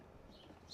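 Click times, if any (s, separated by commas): none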